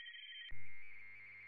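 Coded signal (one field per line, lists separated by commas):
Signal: RTTY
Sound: brief warbling two-tone chirp switching rapidly between close pitches, preceded by another tone pair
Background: low hum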